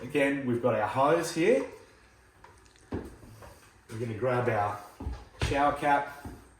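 Someone talks while handling a plastic water hose fitting and the plastic spray cap ("shower cap") of a vertical garden tower, getting ready to push the fitting back onto the cap. Brief light handling sounds occur around 2.4 s and 2.8 s between the talking. The fitting has not seated or clicked onto the cap yet.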